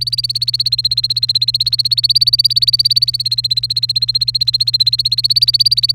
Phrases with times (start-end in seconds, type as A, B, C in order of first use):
0.00-5.94 A